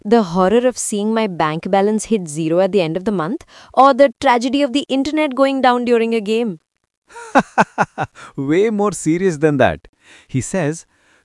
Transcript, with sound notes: The horror of seeing my bank balance hit zero at the end of the month? Or the tragedy of the internet going down during a game?
(Laughs) Way more serious than that! He says: